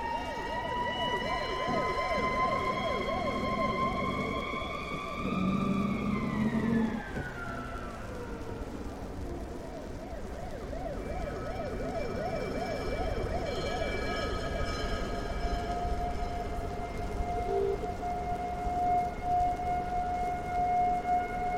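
Street sounds with traffic rumbling steadily underneath while a siren wails through much of the clip, its pitch rising and falling fast, then gliding down around seven seconds. After that a steadier siren tone holds to the end over the continuing engine noise.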